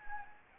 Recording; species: mosquito wingbeat signal from an infrared sensor; Anopheles gambiae